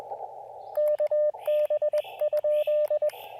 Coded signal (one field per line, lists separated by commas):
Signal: Morse code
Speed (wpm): 20 wpm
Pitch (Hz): 590 Hz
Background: radio noise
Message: KB?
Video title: Soggy POTA: Even propagation can't dampen my POTA spirit with the Elecraft KX2 and AX1 combo!